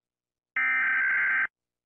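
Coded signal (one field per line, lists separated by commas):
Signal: Emergency Alert System (SAME) tones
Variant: header bursts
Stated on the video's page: Rating of EAS alarms, not a real alert.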